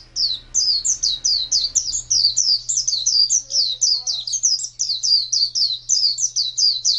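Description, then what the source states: White-eye song: quick high twittering notes in an even continuous chain over a steady low hum. White-eye (pleci) song in the style named ngalas panjang.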